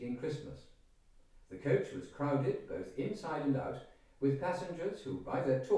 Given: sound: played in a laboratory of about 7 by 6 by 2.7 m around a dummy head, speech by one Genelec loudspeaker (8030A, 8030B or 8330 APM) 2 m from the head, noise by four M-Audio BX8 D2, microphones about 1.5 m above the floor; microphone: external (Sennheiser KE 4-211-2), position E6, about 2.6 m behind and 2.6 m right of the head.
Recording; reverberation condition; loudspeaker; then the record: male speech in English; medium; 120 degrees to the left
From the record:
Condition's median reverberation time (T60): about 510 ms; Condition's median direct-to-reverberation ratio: about -0.5 dB